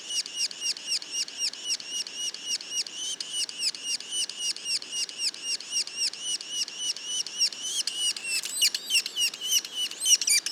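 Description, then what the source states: Yellow-bellied sapsucker uttering rapid, squeaky repeated calls, several per second, becoming more jumbled and louder near the end with overlapping notes. Juveniles, recorded in Mont-Orford National Park, Quebec.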